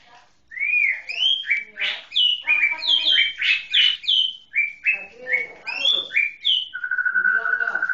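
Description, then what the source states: White-rumped shama song of varied whistled phrases, slurred upward notes and chatters, ending in a rapid steady buzzy trill. Song-training (masteran) material for white-rumped shama.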